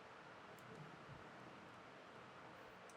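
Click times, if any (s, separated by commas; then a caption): none. A Scrubblade heavy duty windshield wiper blade's adapter is lined up with the wiper arm on a 2024 Hyundai Kona before being pushed and rotated into place. Only a steady broadband hiss is heard, with faint low rustling around 0.7 and 1.1 seconds. Nothing has seated or clicked yet.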